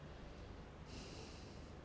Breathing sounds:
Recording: one breath in and out by a microphone near the nose and mouth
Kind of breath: normal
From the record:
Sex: male

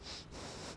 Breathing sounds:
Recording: one breath in and out by a microphone near the nose and mouth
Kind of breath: strong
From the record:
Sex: male

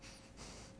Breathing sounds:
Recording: one breath in and out by a microphone near the nose and mouth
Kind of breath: strong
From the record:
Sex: male

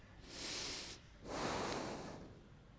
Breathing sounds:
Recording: one breath in and out by a microphone near the nose and mouth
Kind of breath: deep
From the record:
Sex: male

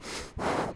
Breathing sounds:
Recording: one breath in and out by a microphone near the nose and mouth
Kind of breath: strong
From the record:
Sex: male

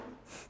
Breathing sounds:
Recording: one breath in and out by a microphone near the nose and mouth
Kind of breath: strong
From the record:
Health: marked as sick, illness not named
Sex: female

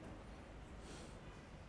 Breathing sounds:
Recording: one breath in and out by a microphone near the nose and mouth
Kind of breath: normal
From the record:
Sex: male

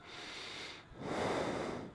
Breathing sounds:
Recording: one breath in and out by a microphone near the nose and mouth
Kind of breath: normal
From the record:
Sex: male

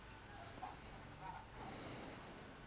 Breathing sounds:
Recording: one breath in and out by a microphone near the nose and mouth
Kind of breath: deep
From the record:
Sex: male

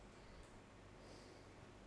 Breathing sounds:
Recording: one breath in and out by a microphone near the nose and mouth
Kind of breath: normal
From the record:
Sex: male

